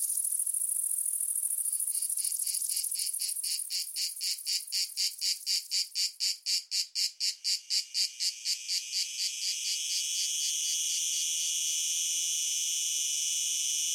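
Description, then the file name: Crickets chirping in a fast, steady pulsed rhythm about four times a second over a continuous high insect drone, the pulses swelling then fading. Crickets recorded together with cicadas. "Just Sound Effects Crickets and Cicadas"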